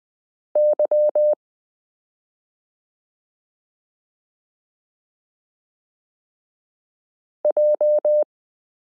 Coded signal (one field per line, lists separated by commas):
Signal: Morse code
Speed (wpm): 20 wpm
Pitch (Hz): 600 Hz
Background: none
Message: YJ